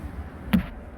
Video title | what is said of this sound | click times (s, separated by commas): Which Hyundai Tucson model is best? | there you go and that looks like it locks in place like that you can see that comes out nice and flat | 0.5 s